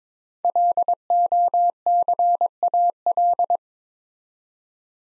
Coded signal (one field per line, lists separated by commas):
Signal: Morse code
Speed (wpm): 22 wpm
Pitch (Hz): 700 Hz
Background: none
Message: LOCAL